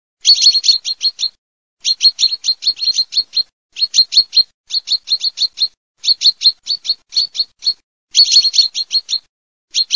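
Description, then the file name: Common chaffinch: short bursts of rapid high chipping notes, each phrase about a second long, repeated after brief pauses in otherwise quiet surroundings. "FRINGUELLOS"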